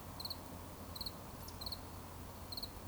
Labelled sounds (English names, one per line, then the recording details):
Eurasian Woodcock whistle
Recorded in Baden-Württemberg, Germany, on 11 June 2020 at 20:26 UTC
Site 24578, 122 m above sea level